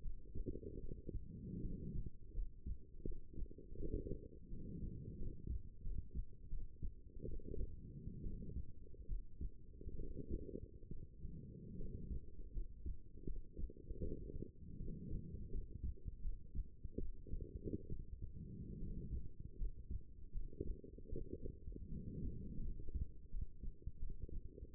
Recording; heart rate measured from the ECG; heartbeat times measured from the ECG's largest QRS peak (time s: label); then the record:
heart sounds by stethoscope; 78 bpm
0.01 s: heartbeat
0.80 s: heartbeat
1.60 s: heartbeat
2.33 s: heartbeat
3.03 s: heartbeat
3.76 s: heartbeat
4.48 s: heartbeat
5.17 s: heartbeat
5.82 s: heartbeat
6.48 s: heartbeat
7.24 s: heartbeat
8.22 s: heartbeat
9.06 s: heartbeat
9.95 s: heartbeat
10.88 s: heartbeat
11.76 s: heartbeat
12.51 s: heartbeat
13.24 s: heartbeat
13.99 s: heartbeat
14.76 s: heartbeat
15.49 s: heartbeat
16.20 s: heartbeat
16.96 s: heartbeat
17.87 s: heartbeat
18.78 s: heartbeat
19.56 s: heartbeat
20.30 s: heartbeat
21.08 s: heartbeat
21.88 s: heartbeat
22.61 s: heartbeat
23.29 s: heartbeat
23.98 s: heartbeat
24.71 s: heartbeat
From the record:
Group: healthy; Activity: rest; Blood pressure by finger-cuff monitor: 121/79 mmHg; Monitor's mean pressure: 96 mmHg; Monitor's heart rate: 79 bpm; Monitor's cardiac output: 6.6 L/min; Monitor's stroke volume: 83 mL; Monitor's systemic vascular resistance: 970 dyn s/cm5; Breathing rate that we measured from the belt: 18 breaths a minute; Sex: female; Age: 23 years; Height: 160 cm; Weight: 50.4 kg